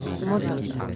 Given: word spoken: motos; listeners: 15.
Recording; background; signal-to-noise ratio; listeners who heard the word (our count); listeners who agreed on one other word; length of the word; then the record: one Spanish word in noise, from a listening test; eight-talker babble; 0.7 dB; 5 of 15; 9 of 15; 0.56 s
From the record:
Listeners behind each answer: 9, 5, 1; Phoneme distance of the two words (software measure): 27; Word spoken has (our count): 2 syllables, 5 phonemes, stress on syllable 1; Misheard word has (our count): 2 syllables, 4 phonemes, stress on syllable 1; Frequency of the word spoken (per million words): 3.92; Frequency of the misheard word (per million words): 46.22